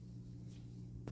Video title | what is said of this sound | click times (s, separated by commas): Collapsing and hooking up the pop-up | you're pulling down until you hear it and then you just fold it underneath until you hear it click back in place | 1.1 s